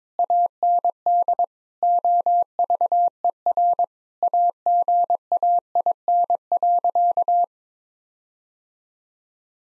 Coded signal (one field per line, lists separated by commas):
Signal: Morse code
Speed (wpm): 22 wpm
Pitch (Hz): 700 Hz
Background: none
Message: AND OVER AGAIN.